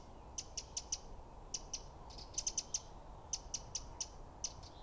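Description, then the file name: Eurasian wren calling with crisp high ticks in short groups separated by brief pauses, against a quiet hiss. "Troglodytes troglodytes"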